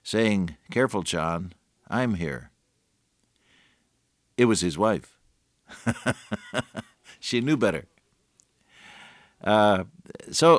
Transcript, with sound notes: saying, “Careful John, I’m here.” It was his wife. [chuckle] She knew better. So,